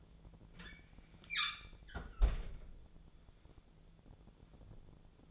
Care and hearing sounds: daily activity, microphone in the room; close fridge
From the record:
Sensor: 5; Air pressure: 1000.2 hPa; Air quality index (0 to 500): 103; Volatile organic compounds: 1 ppm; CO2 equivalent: 830 ppm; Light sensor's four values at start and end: 240/571/244/268 and 237/564/241/264

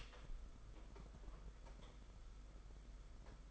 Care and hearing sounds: daily activity, microphone in the room; open door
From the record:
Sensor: 5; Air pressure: 991.7 hPa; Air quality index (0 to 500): 130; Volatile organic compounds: 68 ppm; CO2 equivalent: 3499 ppm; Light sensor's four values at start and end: 34/112/42/44 and 34/112/42/45

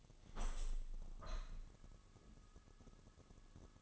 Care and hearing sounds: daily activity, microphone in the room; open window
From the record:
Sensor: 4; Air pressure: 1001.3 hPa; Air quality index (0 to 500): 175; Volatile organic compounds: 2 ppm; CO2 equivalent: 1248 ppm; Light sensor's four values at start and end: 12/28/11/12 and 12/28/11/12

